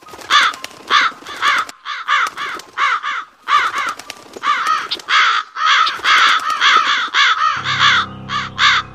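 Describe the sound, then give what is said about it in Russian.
About fifty crows caw harshly and continuously as they fly up out of a forest, their rasping calls overlapping in dense bursts, with a low rumbling noise entering near the end. “Полсотни птиц тут же покинули свои насиженные места и с противным гарканьем выпорхнули из леса.”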